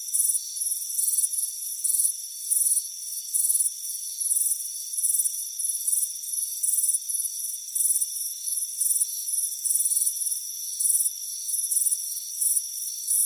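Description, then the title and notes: Cricket chirping at around seventy bursts a minute, each a shrill pulsed trill, somewhat irregular in spacing, above a constant thin whine. Crickets chirping on a warm afternoon by a front porch. "Soothing Crickets Chirping Sound. It's a warm afternoon as you relax in a hammock on the front porch. Relax and fall asleep to the soothing sound of chirping crickets. Deep Sleep Sounds"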